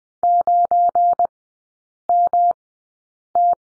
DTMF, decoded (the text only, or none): none